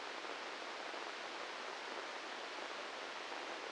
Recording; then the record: brain microelectrode recording played as sound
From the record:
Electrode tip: inside the subthalamic nucleus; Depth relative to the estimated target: -2 mm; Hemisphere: left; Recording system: NeuroSet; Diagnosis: Parkinson's disease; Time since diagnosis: 10 years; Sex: male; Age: 56 years